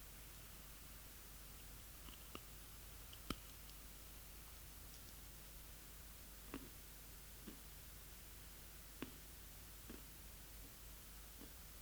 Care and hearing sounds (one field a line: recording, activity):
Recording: daily activity, guitar pickup as the sensor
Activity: eat